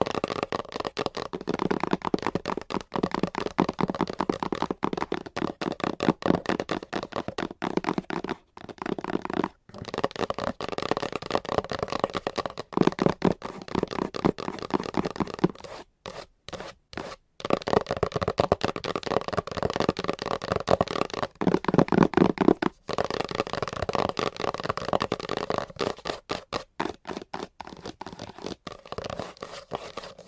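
Long nails scratch and tap fast and hard in dense, rapid bursts, with brief silent gaps around 8, 9, 15 to 17 and 23 seconds.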